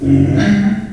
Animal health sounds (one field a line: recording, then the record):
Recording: squeal of a Yucatan mini pig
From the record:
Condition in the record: after surgery on the right vocal fold (resection and tissue-engineered implant)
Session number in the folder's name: 1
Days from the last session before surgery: 13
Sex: female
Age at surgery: 19 weeks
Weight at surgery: 25 kg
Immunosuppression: prednisolone